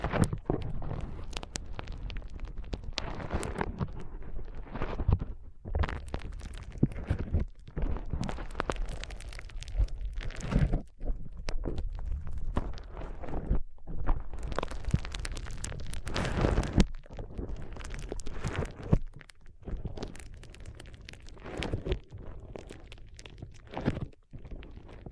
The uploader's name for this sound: ASMR Powerful Foam Brain Massage